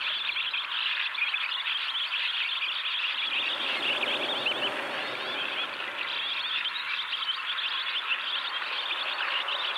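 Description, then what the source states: Barn Swallows singing: continuous, rapid-fire chattering twitter from several birds, with a low rumbling sound swelling briefly midway. Swallows singing their rapid-fire song at natural speed beside grazing cattle at Ryan Vella, West Clare, Ireland.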